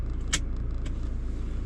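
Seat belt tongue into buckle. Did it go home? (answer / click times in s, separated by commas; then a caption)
yes / 0.3 s. A seat belt tongue is pushed into its buckle inside a car, either a 2021 BMW 330i or a 2021 Lexus IS350 F Sport. A sharp, solid click sounds at 0.3 s, followed by a fainter tick at 0.9 s over a steady low rumble. The belt latches firmly into place.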